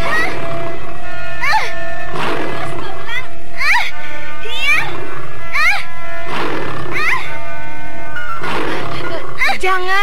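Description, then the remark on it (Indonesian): A tiger roars and snarls again and again in loud, harsh bursts, each rising and falling in pitch, with layered growls and background sounds filling the gaps between them. “Jangan sakiti harimau itu, Tuan Putri.”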